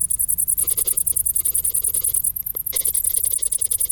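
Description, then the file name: Cricket trill of high, rapid, evenly spaced pulses, with a brief dip in the middle and low background rumble. "Grillen"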